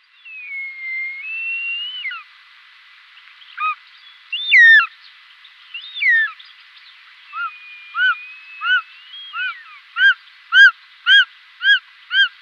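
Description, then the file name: Short-toed snake eagle calls: drawn-out thin whistles and a few slurred notes, then a series of short arched, mellow notes quickening to about two per second, with a high whistle overlapping. "Circaetus gallicus"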